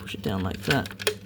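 Someone talks while a plastic internal part of a toy foam blaster is lifted over a rail and pushed down into the blaster shell so its nubs and tabs will hook under the rail. Faint plastic handling taps are heard under the speech. Nothing has seated or clicked yet.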